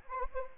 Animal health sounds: mosquito wingbeat signal from an infrared sensor; Anopheles arabiensis

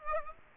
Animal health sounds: mosquito wingbeat signal from an infrared sensor; Aedes aegypti

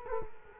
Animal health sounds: mosquito wingbeat signal from an infrared sensor; Culex quinquefasciatus

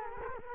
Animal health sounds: mosquito wingbeat signal from an infrared sensor; Culex quinquefasciatus

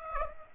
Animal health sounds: mosquito wingbeat signal from an infrared sensor; Aedes aegypti

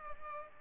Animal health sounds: mosquito wingbeat signal from an infrared sensor; Culex pipiens

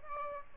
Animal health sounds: mosquito wingbeat signal from an infrared sensor; Aedes albopictus

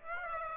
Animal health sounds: mosquito wingbeat signal from an infrared sensor; Aedes aegypti

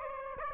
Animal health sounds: mosquito wingbeat signal from an infrared sensor; Aedes aegypti

